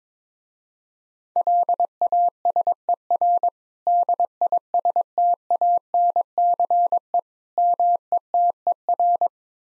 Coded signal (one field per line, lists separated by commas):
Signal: Morse code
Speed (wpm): 22 wpm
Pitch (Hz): 700 Hz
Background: none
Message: LASER DISTANCE METER